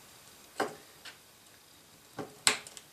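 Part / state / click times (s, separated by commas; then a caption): 24-pin power supply connector into motherboard socket / seated / 2.5 s. A 24-pin ATX power cable from the power supply is pushed into the motherboard socket. A few soft knocks come at about 0.6, 1.1 and 2.2 seconds, then a sharp, bright snap at 2.5 seconds as the plastic latch catches, followed by two faint ticks. The connector is seated.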